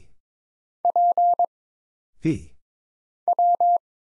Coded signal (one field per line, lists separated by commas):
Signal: Morse code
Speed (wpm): 22 wpm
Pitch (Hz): 700 Hz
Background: none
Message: P W